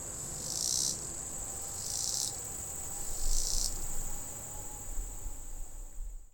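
Robinson's cicada song: high shrill buzzing bursts about half a second long, three pulses with gaps, over a steady continuous high insect drone and low background rumble.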